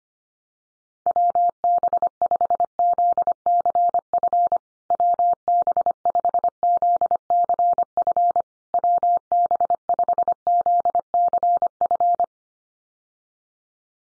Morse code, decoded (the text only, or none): WB5ZCF WB5ZCF WB5ZCF